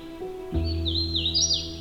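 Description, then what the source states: Hooded Warbler song: a short phrase of clear, wavering whistled notes rising and dipping, over a steady low electrical hum. Song heard in the Halton Forest, southern Ontario; a Carolinian forest species with a couple of different songs, the primary one sounding like 'weety weety weetio'.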